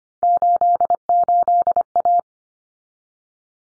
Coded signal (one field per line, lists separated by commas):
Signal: Morse code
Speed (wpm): 25 wpm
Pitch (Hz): 700 Hz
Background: none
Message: 88A